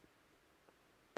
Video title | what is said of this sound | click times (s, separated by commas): Українці в Німеччині . Робота на сонячних батареях | треба підключати кабелі обов'язково до щелчка | 1.2 s